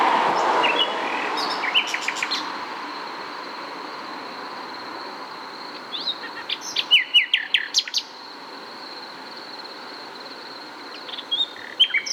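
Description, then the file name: Common nightingale singing scattered phrases of quick chips and short repeated notes with long gaps, over a steady high hum and some background noise. "Luscinia megarhynchos"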